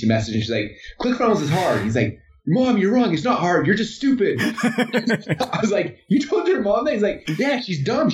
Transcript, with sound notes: And she messaged like, "ClickFunnels is hard." He's like, "Mom, you're wrong. It's not hard. You're just stupid." (laughing) I was like,"You told your mom, that?" He was like, "Yeah, she's dumb.